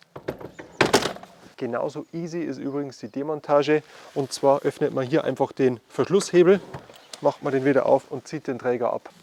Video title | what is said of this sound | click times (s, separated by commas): [DE] ORIS FIX4BIKE®: Einzigartige Technologie für den Fahrradtransport designed in Germany | aufgesteckt und justiert sich selbst einfach mit einem Klick. | 0.8 s